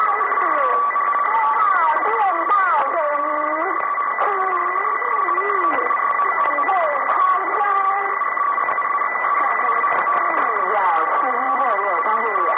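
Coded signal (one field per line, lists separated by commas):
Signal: numbers station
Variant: V13, Mandarin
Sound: distorted voice reading over radio with steady whistling interference tones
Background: radio static, interference tones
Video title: The Conet Project 013 - New Star Broadcasting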